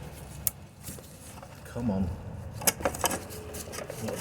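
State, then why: Seated. A fuel line quick-release connector is pushed onto the spigot of a new inline fuel filter while someone talks, with a sharp tick near 0.5 s and a cluster of small clatters and ticks around 2.6–3.1 s. The connector latches with a positive click at 3.1 s, seating the fitting onto the filter.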